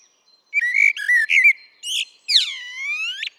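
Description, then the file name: Common blackbird singing warbled whistles, a few sharp squeaky notes, and a long whistle that dips and then rises. "Turdus merula"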